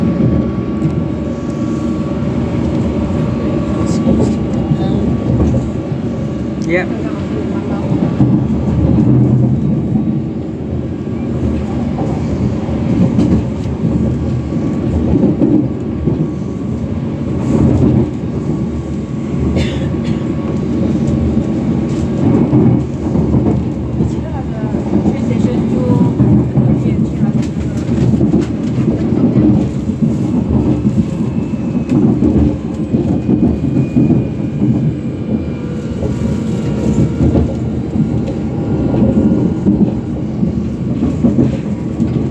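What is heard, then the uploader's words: A railway journey rumbles on steadily, a dense low roar with rattling and clatter throughout, faint voices and brief squeals near seven and twenty seconds. My Railway Journey To Barking Riverside.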